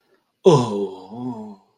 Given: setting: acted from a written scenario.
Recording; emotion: vocal sound without words; disappointment